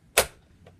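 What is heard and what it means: A final push snaps a vinyl siding panel into the lock of the panel below, giving one sharp, loud snap at 0.2 s followed by a much fainter tick at about 0.7 s. The panel is seated and aligned.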